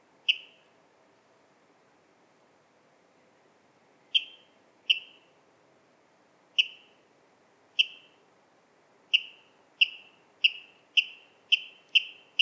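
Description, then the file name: Water rail giving isolated sharp kip notes separated by long pauses, then a quickening series of repeated calls near the end. "Waterral Rallus aquaticus"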